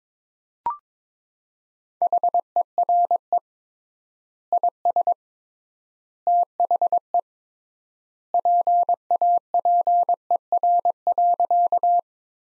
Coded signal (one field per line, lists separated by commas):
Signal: Morse code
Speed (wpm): 22 wpm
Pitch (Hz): 700 Hz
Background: none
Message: HERE IS THE PAPER.